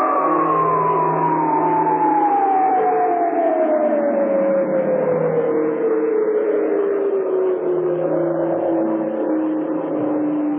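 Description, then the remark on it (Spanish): An alarm siren in the radio serial Kalimán: El misterio de los astronautas holds one continuous loud wail that slides steadily downward in pitch for about ten seconds over a constant rushing, rumbling background, with no voices. “Escuché voz y la alarma y luego los disparos.”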